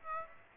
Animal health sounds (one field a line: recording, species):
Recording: mosquito wingbeat signal from an infrared sensor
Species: Aedes aegypti